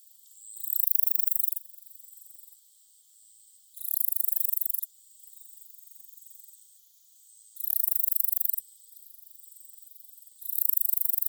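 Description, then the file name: Cicadas with loud shrill buzzing bursts about one second long recurring every few seconds, a faint steady high drone continuing between them. Cicadas in summer at Sannohe. "INSECT CICADAS SANNOHE"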